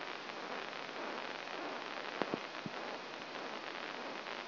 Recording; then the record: brain microelectrode recording played as sound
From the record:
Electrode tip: inside the subthalamic nucleus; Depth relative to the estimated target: -1 mm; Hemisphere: left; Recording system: AlphaMap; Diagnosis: Parkinson's disease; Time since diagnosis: 9 years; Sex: male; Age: 66 years